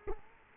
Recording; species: mosquito wingbeat signal from an infrared sensor; Culex quinquefasciatus